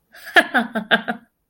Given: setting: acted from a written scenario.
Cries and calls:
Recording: vocal sound without words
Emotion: amusement

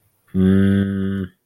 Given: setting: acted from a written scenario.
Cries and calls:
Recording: vocal sound without words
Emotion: confusion

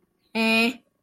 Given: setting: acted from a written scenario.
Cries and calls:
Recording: vocal sound without words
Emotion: pride

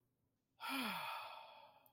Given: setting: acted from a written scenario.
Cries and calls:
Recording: vocal sound without words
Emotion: relief

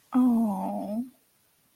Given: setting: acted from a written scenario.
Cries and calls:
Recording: vocal sound without words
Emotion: sympathy

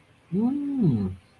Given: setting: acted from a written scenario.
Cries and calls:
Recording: vocal sound without words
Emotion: realization

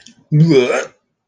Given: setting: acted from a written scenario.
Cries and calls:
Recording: vocal sound without words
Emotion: disgust

